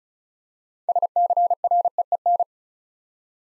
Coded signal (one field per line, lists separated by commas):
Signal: Morse code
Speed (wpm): 36 wpm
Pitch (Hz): 700 Hz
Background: none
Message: SCREEN